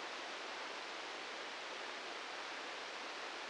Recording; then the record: brain microelectrode recording played as sound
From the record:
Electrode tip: outside the subthalamic nucleus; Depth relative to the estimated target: -3 mm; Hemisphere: right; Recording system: NeuroSet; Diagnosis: Parkinson's disease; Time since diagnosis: 19 years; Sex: female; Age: 69 years